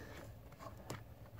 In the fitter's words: clicks right on there done